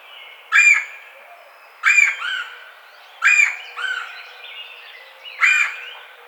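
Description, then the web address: Red-bellied woodpecker giving four harsh churr calls, some followed by a softer note, over faint birdsong. Recorded 4 May 2009. "sounds birds Red-bellied Woodpecker 2009 05 04 Red-bellied Woodpecker 01"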